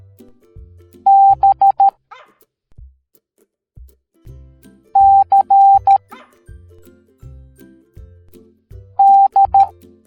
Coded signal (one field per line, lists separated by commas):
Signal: Morse code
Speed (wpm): 13 wpm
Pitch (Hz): 790 Hz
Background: music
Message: B C D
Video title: Odie from Garfield Teaching the Morse Code Alphabet Educational Video for Kids